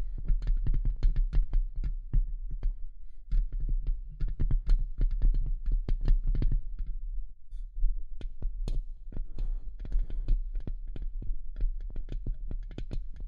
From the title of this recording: Tapping & Scratching